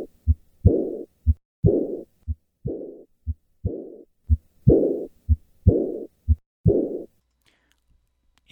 Tetralogy of Fallot. The diastolic murmur of pulmonic insufficiency.